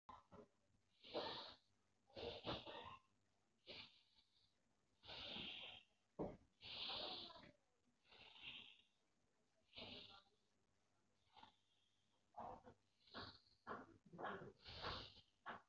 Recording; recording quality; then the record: deep breathing; excellent, no background noise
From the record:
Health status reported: COVID-19 positive, mild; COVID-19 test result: positive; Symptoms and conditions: cough, sore throat, fever, pneumonia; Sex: male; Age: 32 years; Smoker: not ticked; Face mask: not worn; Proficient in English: yes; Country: India